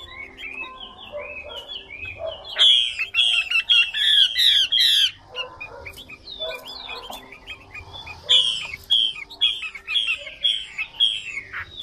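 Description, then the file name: Chinese hwamei song: twittering notes build into loud repeated ringing phrases, pausing, then a second loud series of rich whistled phrases. Female hwamei singing. "Tieng chim hoa mi mai hot"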